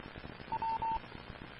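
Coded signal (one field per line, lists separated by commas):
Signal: none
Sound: a repeater's courtesy beeps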